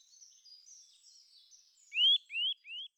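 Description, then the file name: Eurasian nuthatch call: three ringing upward-sweeping whistled notes near the end, each slightly softer, after a stretch of faint high twittering. "boomklever"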